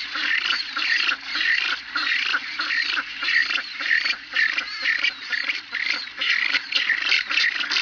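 Rockhopper penguin calls, harsh braying pulses repeated rapidly in a steady chorus for the whole stretch. It sounds like several birds calling at once.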